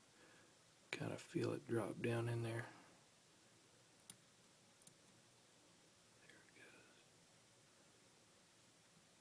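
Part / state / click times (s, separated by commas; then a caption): date wheel into watch movement / not seated / none. A date wheel is being fitted onto a small metal ETA 2846 watch movement while someone talks at the start. After that, only a few faint, sharp ticks sound around 4.1 and 4.8 seconds during handling, and nothing has seated yet.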